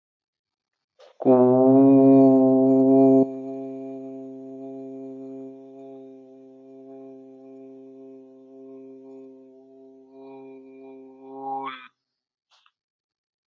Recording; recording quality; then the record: sustained vowel as in boot; excellent, no background noise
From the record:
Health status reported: healthy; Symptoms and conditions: none ticked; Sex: male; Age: 40 years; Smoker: not ticked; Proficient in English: yes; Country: India